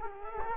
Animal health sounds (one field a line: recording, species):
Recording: mosquito wingbeat signal from an infrared sensor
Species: Culex quinquefasciatus